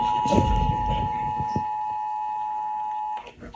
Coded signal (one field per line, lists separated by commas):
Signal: Emergency Alert System (SAME) tones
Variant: 853 and 960 Hz attention tone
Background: speech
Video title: Karen EAS alarm: pt 3